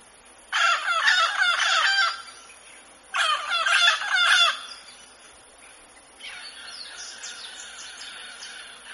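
Mealy amazon giving two loud, harsh, rapidly pulsed squawking bursts, each over a second long, then softer chattering notes.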